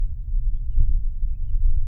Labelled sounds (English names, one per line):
House Finch song